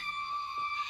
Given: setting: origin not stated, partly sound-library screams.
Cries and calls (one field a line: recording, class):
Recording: one-second piece from a danger detection set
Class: woman in danger